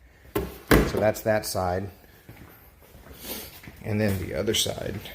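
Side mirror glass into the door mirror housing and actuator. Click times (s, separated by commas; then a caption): 0.4 s, 0.7 s. The side mirror glass of a 2019 Civic carbon fiber mirror is pushed back onto its mount in the door mirror housing and actuator after the two white tabs go back into their holes. Two sharp clicks sound at 0.4 s and 0.7 s, and someone talks. The mirror glass is seated and connected again.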